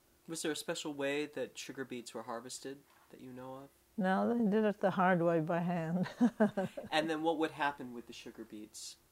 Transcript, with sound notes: Was there a special way that sugar beets were harvested that you know of?
No. They did it the hard way, by hand. (she laughs)
And then what would happen with the sugar beets?